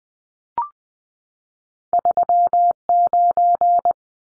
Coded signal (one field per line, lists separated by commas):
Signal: Morse code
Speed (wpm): 20 wpm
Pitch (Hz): 700 Hz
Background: none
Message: 39